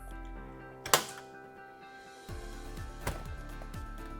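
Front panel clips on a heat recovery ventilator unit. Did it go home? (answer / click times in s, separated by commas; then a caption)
released / 0.9 s, 3.1 s. The bottom clips on the front panel of a heat recovery ventilator (HRV) unit are released so the panel can come off for access to the filters. Sharp clip sounds ring out at 0.9 s and 3.1 s over a steady background of music. The clips come free.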